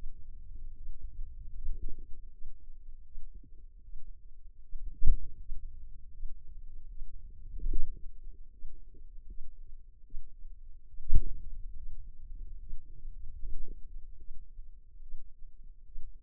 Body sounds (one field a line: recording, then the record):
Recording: forearm muscle sounds (acoustic myography)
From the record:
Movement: finger pinch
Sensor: system 2, bracelet of six BSWA MPA416 microphones around the upper forearm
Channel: 2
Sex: female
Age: 25 years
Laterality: right